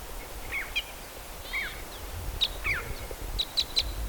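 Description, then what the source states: Red Crossbill calls: scattered sharp chips and a few downslurred notes, ending with three evenly spaced clipped calls, over a steady low rumble. Type E call type.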